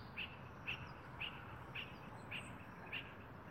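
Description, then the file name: Spot-flanked barbet uttering brief sharp notes about every half second, several in a row, over a quiet hissing background. "Tricholaema lacrymosa - Spot-flanked Barbet"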